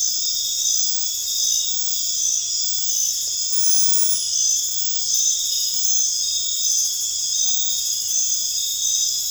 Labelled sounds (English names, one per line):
none